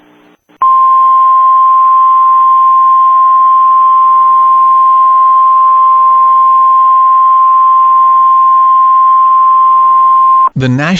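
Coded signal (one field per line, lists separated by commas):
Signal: Emergency Alert System (SAME) tones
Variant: 1050 Hz attention tone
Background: speech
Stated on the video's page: Fictional EAS scenario; simulated alert tones.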